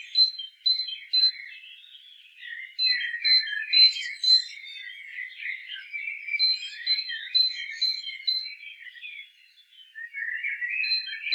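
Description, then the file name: Great tit calls: short, high, ringing notes repeated in steady runs, with soft chattering and twittering underneath. "Parus major"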